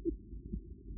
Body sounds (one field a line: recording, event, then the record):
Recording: neck accelerometer signal played as sound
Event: no cough (speech, laughter, throat clearing or background)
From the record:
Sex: male